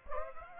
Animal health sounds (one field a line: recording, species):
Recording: mosquito wingbeat signal from an infrared sensor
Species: Aedes aegypti